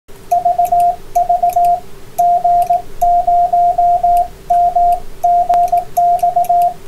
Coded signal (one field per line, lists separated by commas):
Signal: Morse code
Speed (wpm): 18 wpm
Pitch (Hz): 700 Hz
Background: radio noise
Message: VV G0MGX